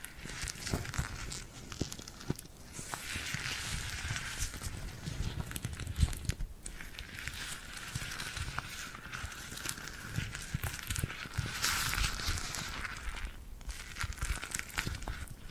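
Tingly sounds of glued hands, sticky skin peeling and crackling in a dense, continuous stream of small pops and taps. The texture stays busy throughout, with bright crisp crackle over softer low thumps, and slight swells around the middle and near twelve seconds.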